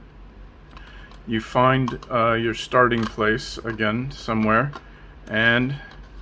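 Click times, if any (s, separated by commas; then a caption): none. A lens sun hood is turned around and handled against the front bayonet mount of a telephoto zoom lens for storage, with faint ticks of plastic handling under someone talking. Nothing has seated or clicked yet; the clip ends before the hood's plastic clips snap home.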